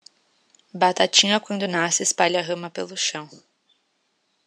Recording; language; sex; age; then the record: short text; Brazilian Portuguese; female; 20 to 29 years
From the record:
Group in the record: control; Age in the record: 20 years